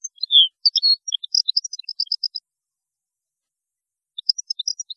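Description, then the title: European goldfinch singing a fast tinkling twitter of high liquid notes, breaking off into silence before a second short burst begins. "Chant Chardonneret"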